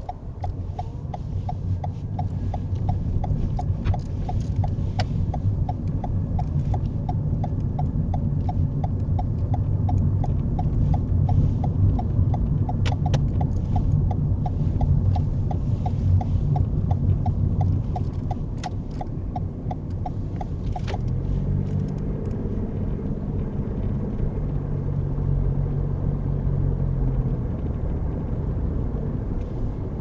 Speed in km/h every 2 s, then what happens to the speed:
19, 21, 21, 23, 23, 24, 23, 24, 26, 29, 35, 39, 42, 44, 44.
0-15 steady at about 23. 15-25 speeds up to 44.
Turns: 4-13.